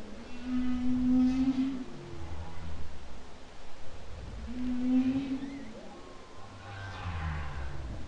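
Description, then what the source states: Humpback whale song: level droning moans and deep rumbling grunts, with a faint higher upsweep, over constant ocean hiss. Humpback whale song, October 2012.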